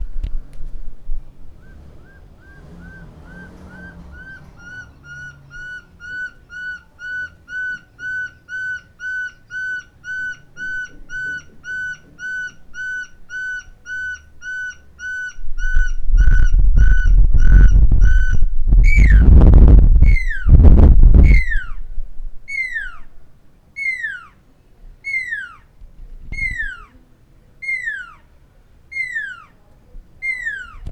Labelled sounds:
Pearl-spotted Owlet (Glaucidium perlatum)
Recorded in Lake Mburo, Uganda

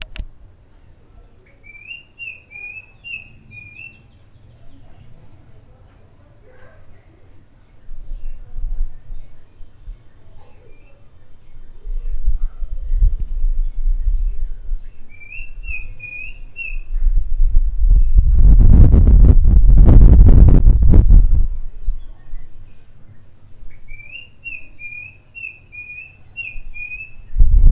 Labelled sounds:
Klaas's Cuckoo (Chrysococcyx klaas)
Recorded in Lake Mburo, Uganda

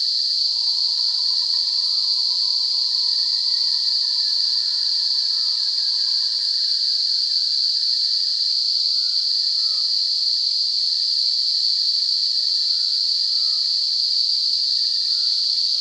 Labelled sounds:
Black Cuckoo (Cuculus clamosus)
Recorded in Kibale, Uganda

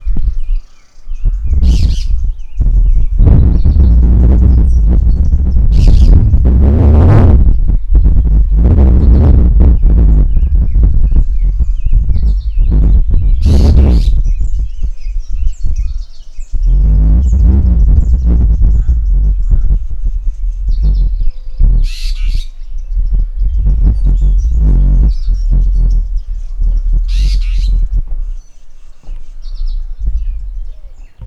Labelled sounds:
Superb Starling (Lamprotornis superbus)
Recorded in northern Uganda

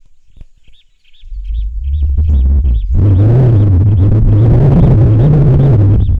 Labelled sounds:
Red-pate Cisticola (Cisticola ruficeps)
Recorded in northern Uganda

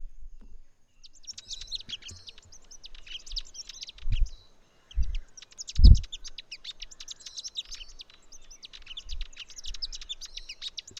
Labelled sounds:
Amethyst Sunbird (Chalcomitra amethystina)
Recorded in northern Uganda

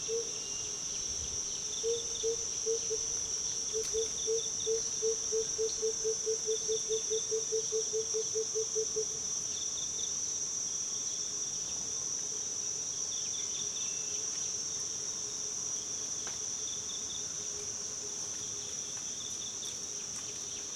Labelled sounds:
Tambourine Dove (Turtur tympanistria)
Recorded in Kibale, Uganda

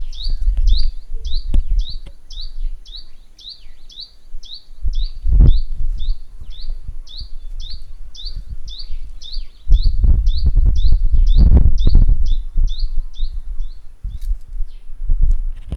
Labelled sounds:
Tawny-flanked Prinia (Prinia subflava)
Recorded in northern Uganda

